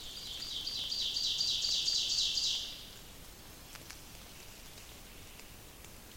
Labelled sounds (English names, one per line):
Ovenbird song